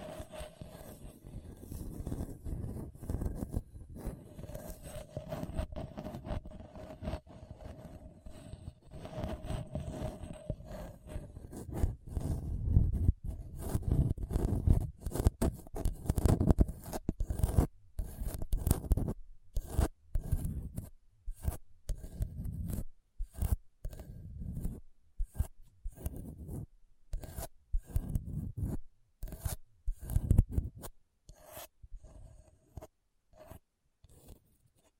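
Scratching across a hard, bumpy surface, dense and rough for the first half, mostly low and gritty with a faint steady tone near the start. After about sixteen seconds it breaks into quick, uneven bursts and scrapes with brief gaps between them.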